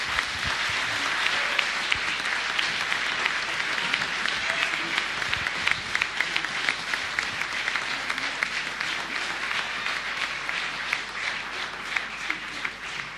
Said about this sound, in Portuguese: Uma salva de palmas para este grande homem.